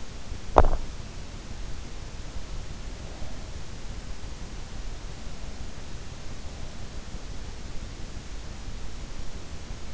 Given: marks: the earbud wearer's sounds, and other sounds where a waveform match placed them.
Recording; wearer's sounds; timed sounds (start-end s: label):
sounds in sleep by an in-ear microphone; teeth grinding
0.00-1.56 s: teeth grinding